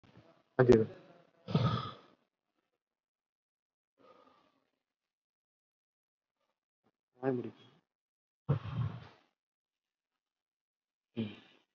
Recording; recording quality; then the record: deep breathing; moderate, slight background noise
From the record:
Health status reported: COVID-19 positive, mild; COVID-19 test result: positive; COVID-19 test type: RT-PCR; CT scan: not taken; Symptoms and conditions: cough, hypertension, diabetes, another condition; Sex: male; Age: 59 years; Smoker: no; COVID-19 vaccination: one dose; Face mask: not worn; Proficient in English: yes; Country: India